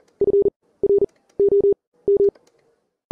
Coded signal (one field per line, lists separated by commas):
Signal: Morse code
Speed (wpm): 38 wpm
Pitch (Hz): 400 Hz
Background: none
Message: FROM